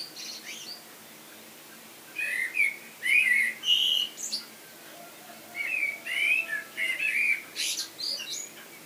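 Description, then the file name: Common blackbird, rich flute-like warbling in two main bursts, the second longer with a sudden shrill squeak near its end. "Turdus merula"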